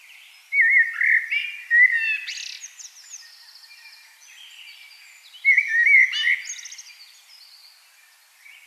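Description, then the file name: Common blackbird song: low fluty whistled phrases followed by higher scratchy twitters, in a few bursts with a quieter stretch between them. "Turdus merula"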